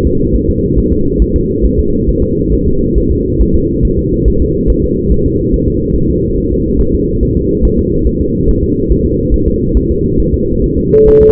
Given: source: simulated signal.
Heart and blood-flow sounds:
fetal heart sounds
0.07 s: S2
0.35 s: S1
0.50 s: S2
0.78 s: S1
0.93 s: S2
1.22 s: S1
1.36 s: S2
1.65 s: S1
1.79 s: S2
2.09 s: S1
2.23 s: S2
2.53 s: S1
2.68 s: S2
2.98 s: S1
3.12 s: S2
3.41 s: S1
3.56 s: S2
3.85 s: S1
3.99 s: S2
4.28 s: S1
4.42 s: S2
4.70 s: S1
4.84 s: S2
5.12 s: S1
5.26 s: S2
5.54 s: S1
5.68 s: S2
5.96 s: S1
6.10 s: S2
6.38 s: S1
6.52 s: S2
6.81 s: S1
6.95 s: S2
7.23 s: S1
7.37 s: S2
7.65 s: S1
7.79 s: S2
8.07 s: S1
8.21 s: S2
8.49 s: S1
8.63 s: S2
8.91 s: S1
9.06 s: S2
9.34 s: S1
9.48 s: S2
9.77 s: S1
9.91 s: S2
10.20 s: S1
10.34 s: S2
10.64 s: S1
10.78 s: S2
11.08 s: S1
11.22 s: S2
From the record:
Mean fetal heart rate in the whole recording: 140 bpm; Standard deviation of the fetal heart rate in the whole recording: 2 bpm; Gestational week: 34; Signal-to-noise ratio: -15.3 dB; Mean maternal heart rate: 72 bpm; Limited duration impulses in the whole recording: present

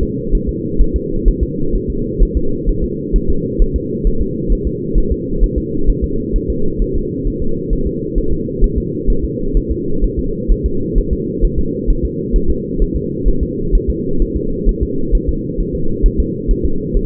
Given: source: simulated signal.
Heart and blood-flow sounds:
fetal heart sounds
0.03 s: S2
0.35 s: S1
0.49 s: S2
0.81 s: S1
0.96 s: S2
1.28 s: S1
1.43 s: S2
1.75 s: S1
1.90 s: S2
2.23 s: S1
2.37 s: S2
2.69 s: S1
2.84 s: S2
3.16 s: S1
3.30 s: S2
3.62 s: S1
3.76 s: S2
4.07 s: S1
4.22 s: S2
4.52 s: S1
4.67 s: S2
4.98 s: S1
5.12 s: S2
5.44 s: S1
5.58 s: S2
5.89 s: S1
6.04 s: S2
6.36 s: S1
6.50 s: S2
6.82 s: S1
6.96 s: S2
7.28 s: S1
7.42 s: S2
7.73 s: S1
7.87 s: S2
8.18 s: S1
8.33 s: S2
8.64 s: S1
8.78 s: S2
9.10 s: S1
9.25 s: S2
9.57 s: S1
9.71 s: S2
10.04 s: S1
10.19 s: S2
10.52 s: S1
10.66 s: S2
10.98 s: S1
11.13 s: S2
11.45 s: S1
11.59 s: S2
11.90 s: S1
12.05 s: S2
12.36 s: S1
12.50 s: S2
12.82 s: S1
12.96 s: S2
13.28 s: S1
13.43 s: S2
13.75 s: S1
13.90 s: S2
14.22 s: S1
14.37 s: S2
14.69 s: S1
14.83 s: S2
15.15 s: S1
15.29 s: S2
15.60 s: S1
15.75 s: S2
16.06 s: S1
16.20 s: S2
16.51 s: S1
16.65 s: S2
16.97 s: S1
From the record:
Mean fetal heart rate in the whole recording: 130 bpm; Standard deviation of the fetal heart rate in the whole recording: 2 bpm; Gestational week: 38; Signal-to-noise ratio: -8.1 dB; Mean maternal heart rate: 72 bpm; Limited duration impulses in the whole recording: absent

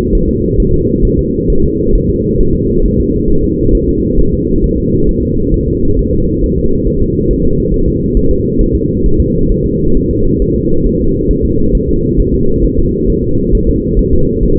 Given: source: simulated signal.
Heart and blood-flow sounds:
fetal heart sounds
0.15 s: S1
0.29 s: S2
0.60 s: S1
0.74 s: S2
1.05 s: S1
1.19 s: S2
1.50 s: S1
1.64 s: S2
1.95 s: S1
2.09 s: S2
2.41 s: S1
2.55 s: S2
2.86 s: S1
3.00 s: S2
3.30 s: S1
3.44 s: S2
3.75 s: S1
3.89 s: S2
4.19 s: S1
4.33 s: S2
4.64 s: S1
4.78 s: S2
5.09 s: S1
5.23 s: S2
5.54 s: S1
5.68 s: S2
5.99 s: S1
6.13 s: S2
6.44 s: S1
6.58 s: S2
6.88 s: S1
7.02 s: S2
7.31 s: S1
7.45 s: S2
7.74 s: S1
7.88 s: S2
8.17 s: S1
8.31 s: S2
8.61 s: S1
8.75 s: S2
9.06 s: S1
9.20 s: S2
9.52 s: S1
9.66 s: S2
9.97 s: S1
10.11 s: S2
10.42 s: S1
10.56 s: S2
10.86 s: S1
11.01 s: S2
11.31 s: S1
11.45 s: S2
11.75 s: S1
11.89 s: S2
12.19 s: S1
12.34 s: S2
12.64 s: S1
12.79 s: S2
13.10 s: S1
13.24 s: S2
13.55 s: S1
13.69 s: S2
13.99 s: S1
14.13 s: S2
14.43 s: S1
14.57 s: S2
From the record:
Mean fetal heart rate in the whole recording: 135 bpm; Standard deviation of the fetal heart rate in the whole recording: 3 bpm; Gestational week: 36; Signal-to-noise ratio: -16.4 dB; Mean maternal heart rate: 72 bpm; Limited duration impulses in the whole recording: present

